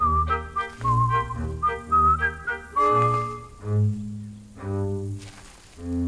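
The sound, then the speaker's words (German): In a children's audio play, the chick character Küken whistles a pretty, cheerful tune in bright, clear notes that hop up and down in a bouncy rhythm, with deeper sustained musical tones droning underneath throughout. “Küken pfeift eine hübsche, fröhliche Melodie”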